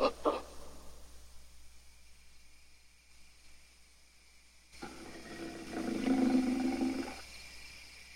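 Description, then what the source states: Ape letting out a low, rough growl lasting over a second after a quiet stretch, with a brief sharp sound at the start. Several apes, angry, screaming and growling at length.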